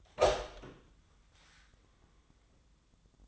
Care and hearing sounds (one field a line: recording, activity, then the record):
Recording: daily activity, microphone in the room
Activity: open door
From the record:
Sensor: 3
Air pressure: 1004.9 hPa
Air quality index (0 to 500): 76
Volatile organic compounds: 2 ppm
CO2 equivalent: 1139 ppm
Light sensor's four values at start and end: 8/19/8/7 and 8/19/8/7